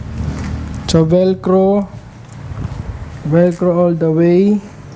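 The belt buckle lock on a competition belt is handled after the Velcro inner belt is fitted, with the outer competition belt about to be closed. Someone talks over low background noise, and a brief sharp sound comes at 0.7 s. Nothing has seated or clicked yet.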